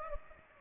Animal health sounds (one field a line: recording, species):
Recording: mosquito wingbeat signal from an infrared sensor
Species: Anopheles gambiae